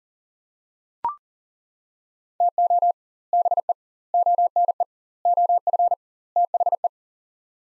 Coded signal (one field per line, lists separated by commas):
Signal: Morse code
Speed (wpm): 37 wpm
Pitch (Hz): 700 Hz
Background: none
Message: TO BE ONE OF THE